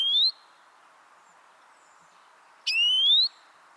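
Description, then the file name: European greenfinch giving clear whistled calls that rise steadily in pitch, one cut off at the start and a full one later. "Chloris chloris"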